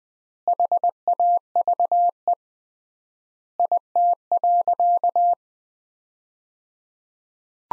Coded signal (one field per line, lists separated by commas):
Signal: Morse code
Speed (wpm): 21 wpm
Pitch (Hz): 700 Hz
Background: none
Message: HAVE IT.